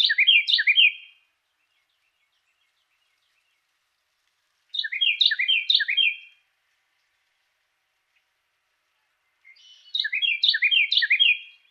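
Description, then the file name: Carolina wren song heard three times, each burst a fast run of repeated rolling phrases, with quiet gaps of several seconds between. Song variation 3. "suara-kicauan-burung-carolina-wren-variasi-3-omkicau"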